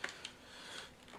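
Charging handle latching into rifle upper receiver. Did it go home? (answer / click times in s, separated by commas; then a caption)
no / none. A charging handle is handled on a Colt M4 OPS Carbine .22lr, with its latch going into the rifle's upper receiver. Two short sharp transients sound at about 0.0 s and 0.3 s over a quiet background. Nothing has seated or clicked yet, as the handle is not yet home.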